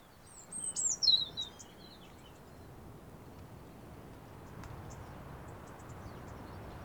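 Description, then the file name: European robin giving a high, thin, twisting phrase that tumbles downward in pitch over about a second, then quiet with faint chirps and low background noise. "Erithacus rubecula"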